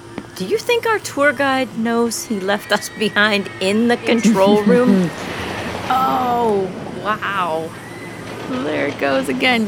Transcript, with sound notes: Do you think the tour guide knows he left us behind in the control room?
(Roller coaster launching but muffled) Wow! There it goes again.